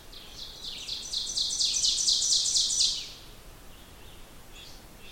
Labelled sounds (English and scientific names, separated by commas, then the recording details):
Ovenbird (Seiurus aurocapilla) song
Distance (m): 20 m
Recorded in boreal forest in Alberta, Canada, on 16 June 2016 at 08:31
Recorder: SongMeter 3, array SBT-3-32
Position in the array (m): 159 m, 29 m
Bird 36